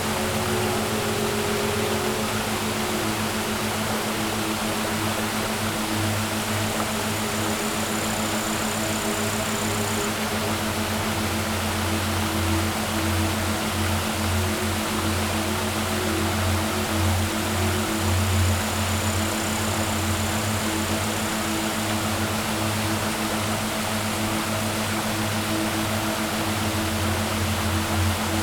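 A waterfall pours in a steady, dense roar with an unchanging low rumble throughout, and a faint high whine surfaces briefly twice.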